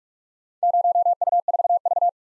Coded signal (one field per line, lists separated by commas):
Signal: Morse code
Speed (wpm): 46 wpm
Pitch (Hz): 700 Hz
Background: none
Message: 0U4V